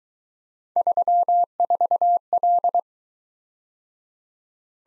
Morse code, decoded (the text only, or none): 34L